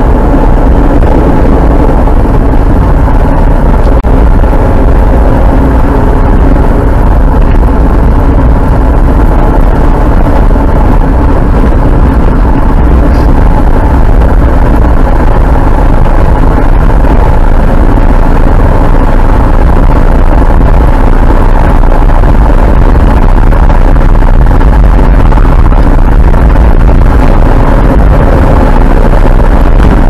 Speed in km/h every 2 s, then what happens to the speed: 57, 55, 59, 61, 61, 61, 63, 67, 71, 74, 76, 77, 76, 77, 78.
0-10 steady at about 59. 10-18 speeds up to 74. 18-30 steady at about 76.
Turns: none.